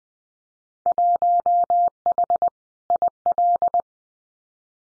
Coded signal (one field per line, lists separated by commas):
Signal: Morse code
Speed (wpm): 20 wpm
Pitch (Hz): 700 Hz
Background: none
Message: 1H IL